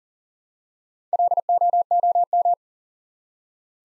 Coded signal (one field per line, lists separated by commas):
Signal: Morse code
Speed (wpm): 40 wpm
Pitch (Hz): 700 Hz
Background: none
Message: LOOM